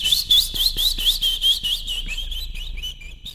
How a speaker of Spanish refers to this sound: Con tanto pío pío se me llenaría la casa de amigotes tuyos y quedaría toda llena de plumitas.